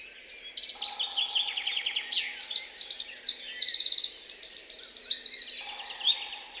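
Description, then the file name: Eurasian wren song, a long rapid cascade of high, sharp trills and chattering notes, growing louder. "Troglodytes troglodytes"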